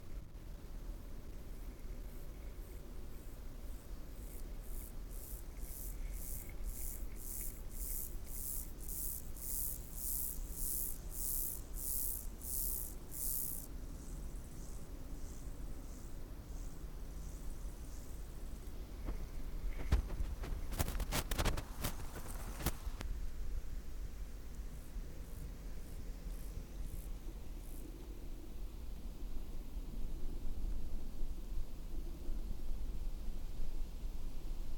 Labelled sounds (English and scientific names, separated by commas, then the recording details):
Bow-winged Grasshopper (Chorthippus biguttulus)
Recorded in the wild
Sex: male
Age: imago
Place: Summt, Brandenburg, DE
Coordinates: 52.682, 13.377
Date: 1996-09-01 13:11
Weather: heiter, 17-18°C
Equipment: Sony MD-WM MZ-R3, Sennheiser MKH 416 T, Kopie Uher 4000 Report Monitor
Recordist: Tembrock, Günter